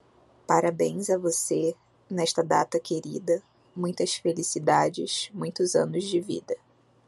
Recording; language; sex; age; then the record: short text; Brazilian Portuguese; female; 20 to 29 years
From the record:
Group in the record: control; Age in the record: 27 years